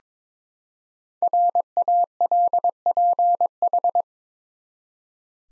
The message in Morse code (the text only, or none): RALPH